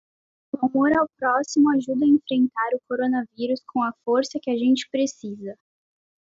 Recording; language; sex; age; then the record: spoken sentence; Brazilian Portuguese; female; 40 to 49 years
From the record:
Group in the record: control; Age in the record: 45 years